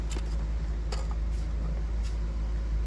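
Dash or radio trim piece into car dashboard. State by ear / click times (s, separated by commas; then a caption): not seated / none. During a radio install in a Lexus ES330, a dash trim piece is wiggled and pushed into the car's dashboard, producing short plastic knocks and rattles near 0.1, 0.9 and 1.1 seconds over a steady low hum. Nothing has seated or clicked into place yet by the end of the clip.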